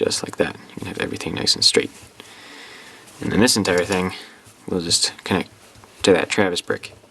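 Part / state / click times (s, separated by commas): plastic brick assembly onto brick studs / not seated / none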